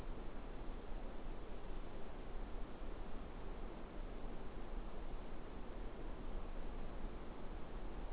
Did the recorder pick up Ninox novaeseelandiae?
no